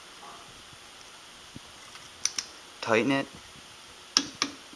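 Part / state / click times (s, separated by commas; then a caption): click-type torque wrench on cylinder head bolts of a motorcycle engine / torque reached / 4.2 s, 4.4 s. A click-type torque wrench tightens the cylinder head bolts on a two-stroke CR125 dirt bike engine in a crisscross pattern to 20 foot-pounds. Someone talks briefly around 3 s, and two sharp ticks come at about 2.3 and 2.4 s. The wrench then clicks at its setting at 4.2 s and 4.4 s, showing the bolts have reached torque.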